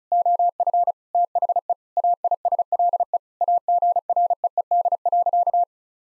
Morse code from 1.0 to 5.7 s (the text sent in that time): THE AISLE AGREED.